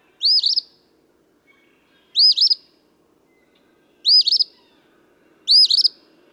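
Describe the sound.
Eastern phoebe song, a short buzzy two-part phrase with a rising then dipping stutter, given four times about every two seconds against quiet background.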